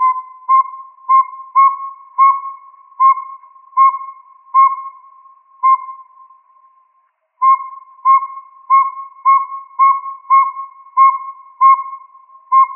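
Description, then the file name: Northern saw-whet owl giving a long series of mellow whistled toots, pausing briefly midway before resuming. Recorded in Arizona. "NSWO 1 C deviche"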